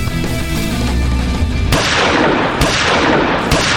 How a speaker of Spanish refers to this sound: Míralo. Los balazos que hiciste.